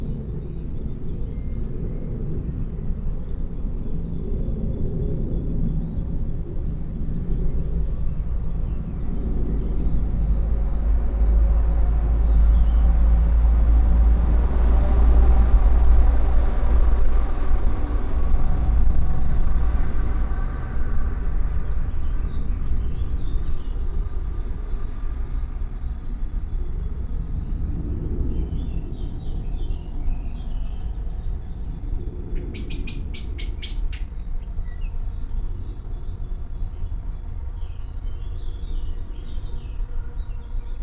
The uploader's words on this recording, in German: Frühmorgendliche Vogelkonversation. Morgends gegen halb sechs in meinem Garten unterhalten sich die verschiedensten Vogelarten lauter miteinander als die Marktschreier auf dem Hamburger Fischmarkt.